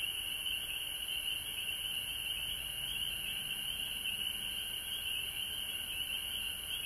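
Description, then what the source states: Many frogs calling together, steady high trills running without pause for several seconds alongside a faint lower hum. Recorded at home in Georgia on March 19, 2020.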